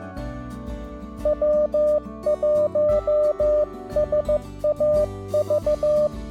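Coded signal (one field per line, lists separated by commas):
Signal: Morse code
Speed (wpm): 14 wpm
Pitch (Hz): 600 Hz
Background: music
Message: W1SAV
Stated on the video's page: CW park activation on 15, 10, 12, 17 and 20 m; noise floor S1-2, most contacts weak.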